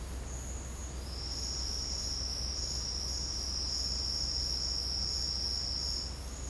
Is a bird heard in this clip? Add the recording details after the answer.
no. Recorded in secondary vegetation near Puerto Asís, Putumayo, Colombia, on 9 March 2025 at 10:30. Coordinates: 0.484, -76.319. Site G010